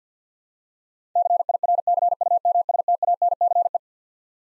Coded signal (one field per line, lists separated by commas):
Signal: Morse code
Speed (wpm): 50 wpm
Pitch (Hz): 700 Hz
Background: none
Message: CIRCUMSTANCE